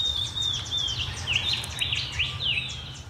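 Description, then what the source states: Bronze cuckoo calls: clear, high, downslurred whistled notes repeated at short, uneven intervals over a low rumbling background. A 'pew, pew, pew' call; the species is said to have lots of different calls.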